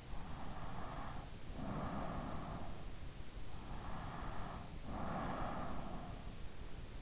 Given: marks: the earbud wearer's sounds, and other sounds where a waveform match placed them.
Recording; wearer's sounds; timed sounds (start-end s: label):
sounds in sleep by an in-ear microphone; breath
0.45-2.68 s: breath
3.63-6.34 s: breath